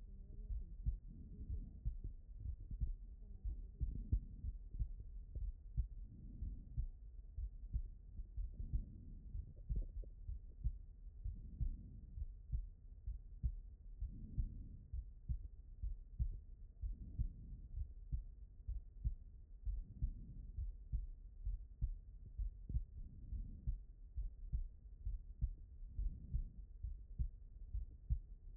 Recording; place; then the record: heart sounds by stethoscope; aortic valve (AV)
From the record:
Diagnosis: non-HFrEF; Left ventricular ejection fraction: 66%